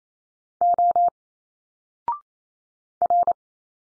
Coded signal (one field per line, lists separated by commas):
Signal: Morse code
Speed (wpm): 27 wpm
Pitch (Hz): 700 Hz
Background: none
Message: O R